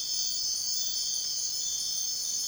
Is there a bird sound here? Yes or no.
no